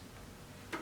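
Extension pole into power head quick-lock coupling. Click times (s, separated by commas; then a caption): 0.7 s. An extension pole shaft for a Milwaukee M18 Fuel String Trimmer is slid into the power head's quick-lock coupling to cut limbs on a tall tree. A quiet stretch of low handling noise ends in one sharp snap at 0.7 s as the pole seats in the coupling, before the collar is locked down.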